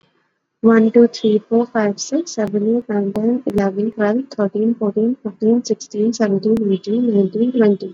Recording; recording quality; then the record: counting at a normal pace; excellent, no background noise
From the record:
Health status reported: exposed to COVID-19, no respiratory illness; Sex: female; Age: 24 years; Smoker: yes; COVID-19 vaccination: both doses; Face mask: worn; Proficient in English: yes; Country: India